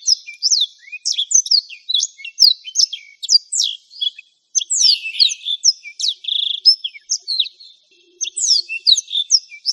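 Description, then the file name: Black-throated canary giving a long, lively warble of quick upslurred and downslurred notes, pausing briefly twice before continuing the high twittering. "suara burung blackthroat"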